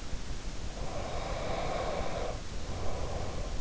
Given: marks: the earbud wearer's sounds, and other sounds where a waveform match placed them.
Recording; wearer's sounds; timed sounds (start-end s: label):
sounds in sleep by an in-ear microphone; snoring breath
0.73-3.49 s: snoring breath